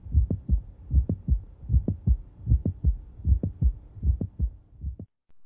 The mid-systolic mitral valve prolapse arises secondary to an imbalance between the length of the mitral apparatus and left ventricular volume. As a result, the mitral valve slips, making a high frequency sound somewhere between S1 and S2. It's a high frequency, sharp sound, exactly between S1 and S2.